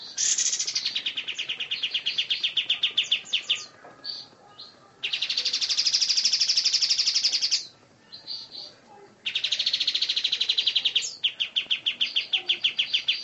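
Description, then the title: Oriental magpie-robin delivering three dense, buzzy pulsed trills of a few seconds each, separated by brief pauses with scattered softer notes. "Kicau Kacer"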